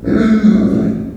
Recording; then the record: squeal of a Yucatan mini pig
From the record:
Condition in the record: after surgery on the right vocal fold (resection and tissue-engineered implant); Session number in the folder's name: 7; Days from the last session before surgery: 47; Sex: female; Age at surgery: 19 weeks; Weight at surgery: 25 kg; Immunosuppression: prednisolone